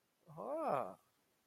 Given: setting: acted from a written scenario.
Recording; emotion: vocal sound without words; sympathy